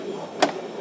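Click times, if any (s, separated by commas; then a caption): 0.4 s. A first-time user pushes a flexible window screen into a window frame, and one side snaps in with a sharp click at 0.4 s over a steady background hum. The screen seats on one side only; the other side does not go in and needs help to seat.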